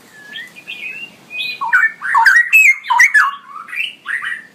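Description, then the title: Straw-headed bulbul song: loud, liquid bubbling warbles that rise and fall in rapid bursts, preceded by softer whistled notes. Male; described in Indonesian as gacor (singing persistently) with a loud voice and long 'ROoo EL' phrases; master recording for training songbirds. "GILEEE Cucak ROWO Jantan GACOR Suara Lantang ROoo EL Panjang"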